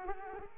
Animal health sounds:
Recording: mosquito wingbeat signal from an infrared sensor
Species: Culex pipiens

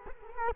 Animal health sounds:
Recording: mosquito wingbeat signal from an infrared sensor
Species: Culex quinquefasciatus

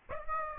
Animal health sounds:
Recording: mosquito wingbeat signal from an infrared sensor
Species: Aedes aegypti

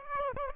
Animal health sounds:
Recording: mosquito wingbeat signal from an infrared sensor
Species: Aedes aegypti

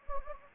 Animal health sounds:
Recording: mosquito wingbeat signal from an infrared sensor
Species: Anopheles gambiae

